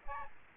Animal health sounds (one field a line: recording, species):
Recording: mosquito wingbeat signal from an infrared sensor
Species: Aedes aegypti